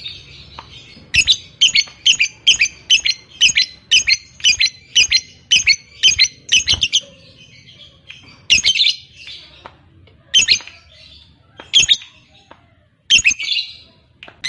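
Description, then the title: Lovebird calls: a rapid run of harsh, shrill squawks, then slower, more spaced single squawks. Fighter-type lovebird; the recording features its long ngekek (ngekek panjang). "Begitu Dengar Suara Lovebird FIGHTER NGEKEK PANJANG"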